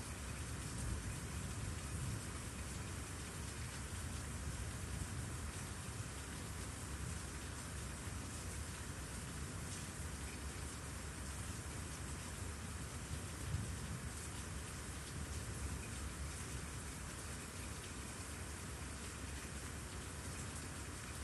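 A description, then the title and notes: Steady, dense rain hisses evenly throughout with a low rumble underneath, and a couple of brief soft knocks near one and thirteen seconds. Cozy Rainy Night.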